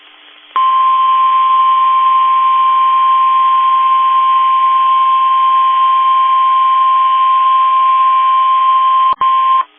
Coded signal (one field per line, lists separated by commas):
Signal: Emergency Alert System (SAME) tones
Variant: 1050 Hz attention tone